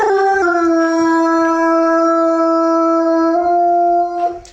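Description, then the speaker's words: Basset Hound howl: a single long, even, tonal note held for about four seconds with small steps in pitch, then dying away. Dog howling, holding a long ending note; in the United States. "Just listen to how Winston the Basset Hound kills that ending note and just holds it."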